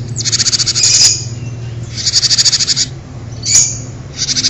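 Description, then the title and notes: Bird song in repeated high, buzzy pulsed trills about a second long, with short pauses and a sharp chirp between bursts. "Bird Sound. Kicau Burung Lengkap"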